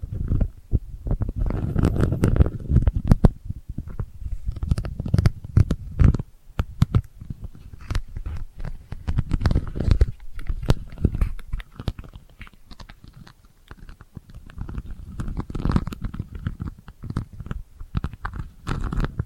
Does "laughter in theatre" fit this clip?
no